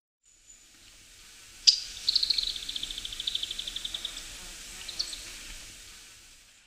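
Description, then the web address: Streaked Tuftedcheek giving one sharp note and then a fading, slightly descending dry trill, with faint low background rumble. Ecuador. "Birds of Ecuador. Streaked Tuftedcheek"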